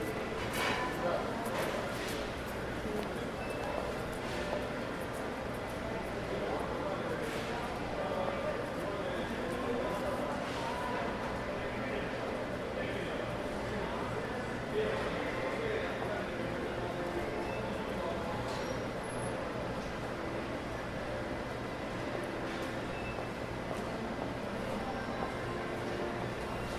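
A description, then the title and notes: An indoor mall full of people and their machines: a dense, steady wash of overlapping voices sits over a low, constant hum. Short clicks and taps, like footsteps or handled objects, break through every second or two, loudest in the first eight seconds. While sitting on a bench in the middle of an indoor mall rife with sounds of people and their machines, the idle visitor can bask inside a flux of mechanic frequencies. Ventilation systems drive drones into a reverberant space, topped with windows and a soaring ceiling.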